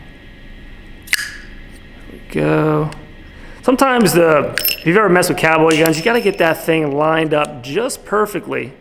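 Someone handles the steel cylinder of a single-action revolver, rotating it to line a chamber up with the loading gate so the ejector rod can push a round out. A brief sharp sound comes at 1.1 s, followed by quiet handling noise, and then someone talks. The cylinder has not yet clicked into loading position; nothing has seated yet.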